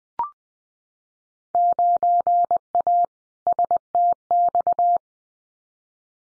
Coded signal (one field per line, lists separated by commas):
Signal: Morse code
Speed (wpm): 20 wpm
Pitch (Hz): 700 Hz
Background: none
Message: 9A STX